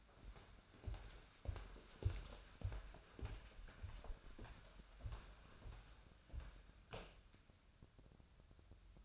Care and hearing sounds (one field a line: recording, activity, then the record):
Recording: daily activity, microphone in the room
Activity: walk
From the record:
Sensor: 2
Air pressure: 1015.2 hPa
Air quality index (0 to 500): 116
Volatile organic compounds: 3 ppm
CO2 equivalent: 1485 ppm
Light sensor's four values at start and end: 13/35/13/15 and 12/31/12/14